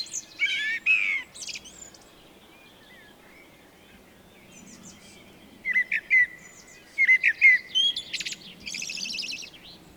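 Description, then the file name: Eurasian blackbird singing: a warbled phrase, a long quiet gap, then another fluty phrase ending in high scratchy notes. "Turdus merula"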